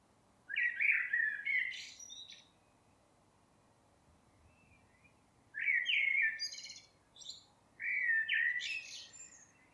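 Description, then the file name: Eurasian blackbird song: a low fluty warble ending in thin twitters, a pause, then two shorter mellow phrases with high squeaks. "Turdus merula"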